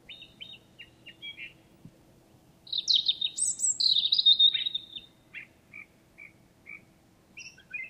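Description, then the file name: European robin singing: soft scattered high notes, then a loud tumbling run of sweeping, liquid phrases, trailing off into separate thin chirps. "Erithacus rubecula"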